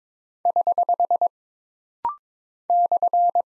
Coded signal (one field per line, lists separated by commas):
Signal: Morse code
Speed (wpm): 22 wpm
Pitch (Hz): 700 Hz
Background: none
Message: <HH> /